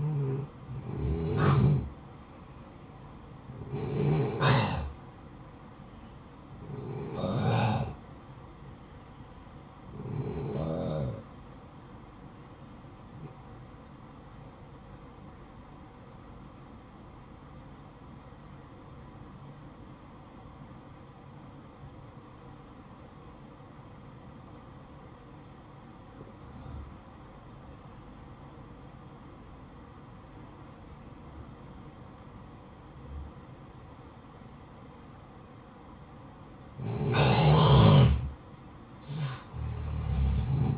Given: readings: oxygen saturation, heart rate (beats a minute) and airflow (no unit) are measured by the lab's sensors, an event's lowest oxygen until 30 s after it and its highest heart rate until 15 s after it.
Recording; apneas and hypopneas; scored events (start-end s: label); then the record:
breathing in sleep by a smartphone at the bedside; 1
17.00-36.50 s: obstructive apnea (N1, oxygen 93% highest, then 87% lowest, heart rate 58 at the start, 66 highest)
18.00-40.77 s: new sleep stage, N2 (light sleep)
From the record:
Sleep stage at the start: N1 (lightest sleep); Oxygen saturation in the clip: 90 to 93%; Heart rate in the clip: 54 to 62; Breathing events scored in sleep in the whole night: 573 in 9.8 hours asleep